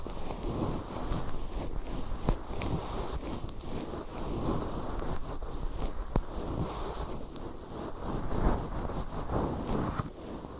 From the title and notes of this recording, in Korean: 솜털 귀청소 동시에 (인트로 수다 X).